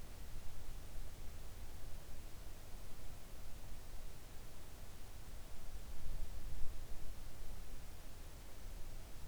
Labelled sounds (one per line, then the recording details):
near silence
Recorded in the Arctic National Wildlife Refuge, Alaska, on 3 August 2019 at 06:06
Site 41